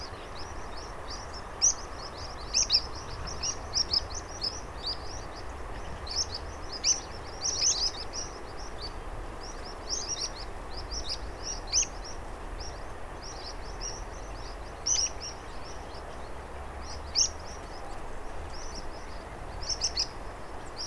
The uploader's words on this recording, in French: DORTOIR DE PIPITS. Marais des Bouligons - Nagra Ares BB+ - Omni B&K. Depuis début septembre un dortoir de pipit farlouse et spioncelle est installé dans le marais et la population dépasse les 100 individus. Tous les soir c'est un ballet de cris et de silhouettes qui tombent du ciel pour ce réfugier pour la nuit dans les roseaux.